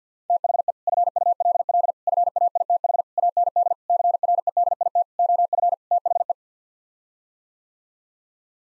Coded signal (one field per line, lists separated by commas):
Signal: Morse code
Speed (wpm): 50 wpm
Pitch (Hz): 700 Hz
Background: none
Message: THE FULL FAITH AND CREDIT OF THE